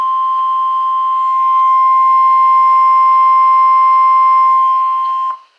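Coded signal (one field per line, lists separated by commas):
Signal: Emergency Alert System (SAME) tones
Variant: 1050 Hz attention tone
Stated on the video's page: EAS Required Weekly Test on NOAA Weather Radio station KZZ33.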